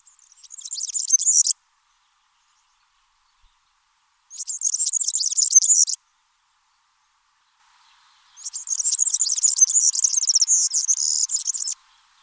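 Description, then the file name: European serin song: three bursts of high, tinkling, rapid trills, the last one longest, with silence between them. "Serin cini"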